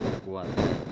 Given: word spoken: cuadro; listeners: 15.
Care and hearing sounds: one Spanish word in noise, from a listening test; noise modulated by one talker; -9.0 dB; 3 of 15; 7 of 15; 0.52 s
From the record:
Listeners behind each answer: 7, 3, 2, 1, 1, 1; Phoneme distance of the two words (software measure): 10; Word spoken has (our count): 2 syllables, 6 phonemes, stress on syllable 1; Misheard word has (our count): 2 syllables, 6 phonemes, stress on syllable 1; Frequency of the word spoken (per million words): 110.71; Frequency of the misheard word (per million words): 370.80

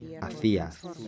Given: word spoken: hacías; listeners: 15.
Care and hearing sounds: one Spanish word in noise, from a listening test; four-talker babble; 12.6 dB; 4 of 15; 9 of 15; 0.68 s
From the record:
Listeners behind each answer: 9, 4, 1, 1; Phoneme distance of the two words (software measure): 17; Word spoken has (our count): 3 syllables, 5 phonemes, stress on syllable 2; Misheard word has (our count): 2 syllables, 4 phonemes, stress on syllable 1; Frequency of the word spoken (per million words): 1.95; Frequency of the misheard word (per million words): 557.96

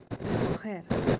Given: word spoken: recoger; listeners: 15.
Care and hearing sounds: one Spanish word in noise, from a listening test; noise modulated by one talker; -7.8 dB; 3 of 15; 10 of 15; 0.80 s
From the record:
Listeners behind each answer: 10, 3, 2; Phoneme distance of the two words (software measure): 34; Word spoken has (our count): 3 syllables, 7 phonemes, stress on syllable 3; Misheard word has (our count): 2 syllables, 5 phonemes, stress on syllable 2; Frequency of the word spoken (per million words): 26.55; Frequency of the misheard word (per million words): 405.98

